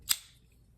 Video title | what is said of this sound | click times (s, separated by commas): THIS KNIFE CAN OPEN YOUR BEER! | you guys can hear it snapping back into place um | 0.1 s